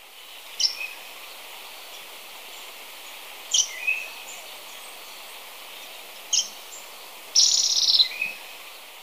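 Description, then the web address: Marble-faced bristle-tyrant giving short, sharp, high calls in brief bursts a few seconds apart, over a steady background hiss. Recorded in Ecuador. "Birds of Ecuador. Marble-faced Bristle-Tyrant"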